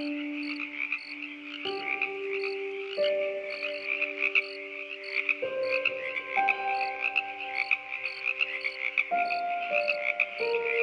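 Frogs croaking in a dense chorus: a steady buzzing band with rapid pulsed notes above.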